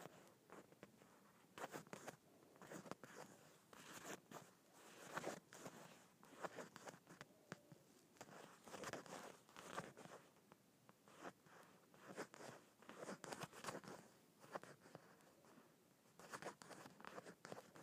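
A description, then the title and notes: Bumpy leather is scratched in quick, uneven strokes, a dense rasping scrape that comes in bursts with brief pauses throughout. ASMR Scratching Bumpy Leather.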